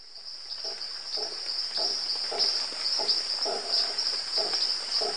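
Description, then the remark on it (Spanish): A Costa Rica rainforest soundscape from Bernie Krause, of dense insects: a steady, shrill high-pitched buzzing drone runs throughout, with short, repeated lower chirping calls popping in and out. No one speaks. “Sonidos de las selvas.”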